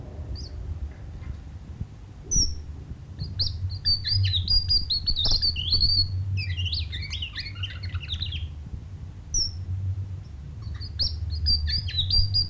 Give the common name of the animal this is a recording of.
Orange-breasted Waxbill